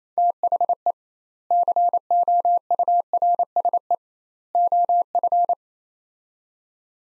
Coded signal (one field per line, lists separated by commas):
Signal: Morse code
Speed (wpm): 28 wpm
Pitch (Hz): 700 Hz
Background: none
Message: THE COURSE OF